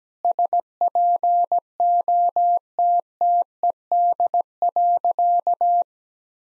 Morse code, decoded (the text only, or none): SPOTTED.